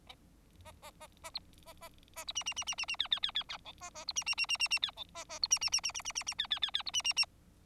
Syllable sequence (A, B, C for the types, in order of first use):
A A A A B A A A B C C C C C C D D D D D E A A B C C C C C C D E A A B C C C C C C C C D D D D B C C C